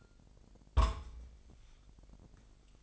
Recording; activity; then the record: daily activity, microphone in the room; place on stove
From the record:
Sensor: 5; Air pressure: 999.4 hPa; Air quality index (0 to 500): 221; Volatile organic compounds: 20 ppm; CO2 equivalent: 2699 ppm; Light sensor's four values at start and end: 31/72/29/28 and 31/69/28/28